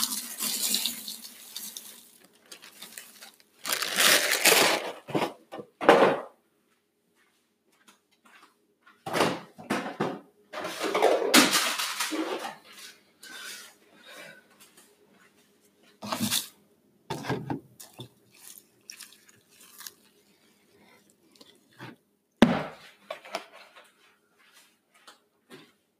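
Someone eats cereal in bursts of crunchy chewing and spoon clatter, loudest near 4, 6, 11 and 22 seconds, with quiet pauses between.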